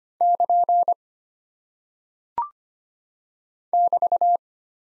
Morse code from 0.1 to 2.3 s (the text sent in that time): <KN>